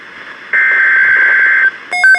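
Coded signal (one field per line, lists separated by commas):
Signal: Emergency Alert System (SAME) tones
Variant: header bursts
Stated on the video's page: Severe Thunderstorm Watch received from two NOAA weather radio transmitters.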